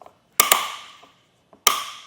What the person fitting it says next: You start hearing that click. That's that torque device letting you know this is all the way tightened down.